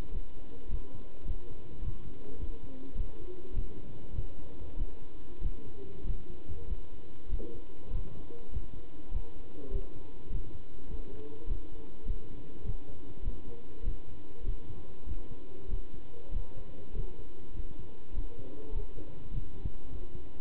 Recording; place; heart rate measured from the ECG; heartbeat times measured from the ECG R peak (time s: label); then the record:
heart sounds by stethoscope; between the tricuspid and mitral areas; 100 bpm
0.12 s: heartbeat
0.69 s: heartbeat
1.26 s: heartbeat
1.82 s: heartbeat
2.38 s: heartbeat
2.96 s: heartbeat
3.54 s: heartbeat
4.14 s: heartbeat
4.77 s: heartbeat
5.42 s: heartbeat
6.05 s: heartbeat
6.68 s: heartbeat
7.30 s: heartbeat
7.91 s: heartbeat
8.52 s: heartbeat
9.12 s: heartbeat
9.71 s: heartbeat
10.31 s: heartbeat
10.89 s: heartbeat
11.48 s: heartbeat
12.06 s: heartbeat
12.64 s: heartbeat
13.23 s: heartbeat
13.84 s: heartbeat
14.45 s: heartbeat
15.06 s: heartbeat
15.69 s: heartbeat
16.32 s: heartbeat
16.94 s: heartbeat
17.54 s: heartbeat
18.14 s: heartbeat
18.73 s: heartbeat
19.32 s: heartbeat
19.90 s: heartbeat
From the record:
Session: pedaling a stationary bicycle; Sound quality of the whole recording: good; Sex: male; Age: 27 years